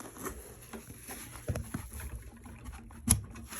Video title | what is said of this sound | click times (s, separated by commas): HENRY HUSTLE SETUP DEMO AND REVIEW SPIRIT HALLOWEEN 2021 | there we go okay so that's locked into place | 3.1 s